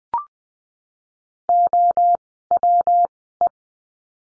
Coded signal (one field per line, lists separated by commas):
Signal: Morse code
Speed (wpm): 20 wpm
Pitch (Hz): 700 Hz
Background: none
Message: O W E